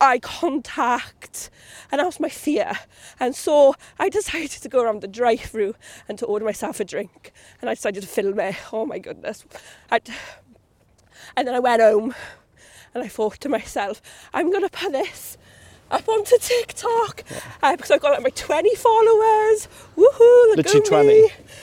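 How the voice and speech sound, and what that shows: An adult woman with a stammer tells a story, with occasional prolonged sounds, silent blocks and broken-off phrases typical of stuttering.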